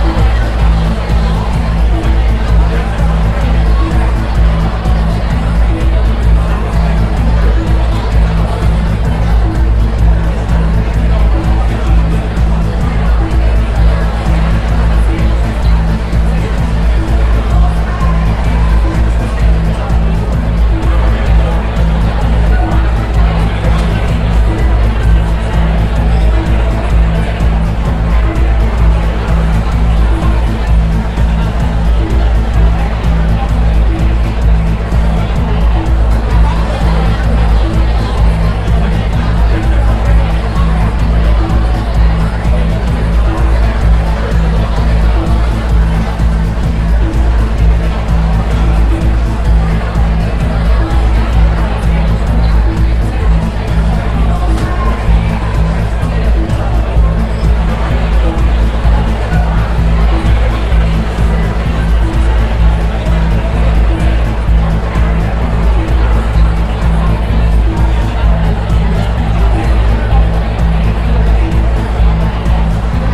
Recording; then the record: background sound without coughing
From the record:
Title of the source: Party Noise 1 Hour Party Ambience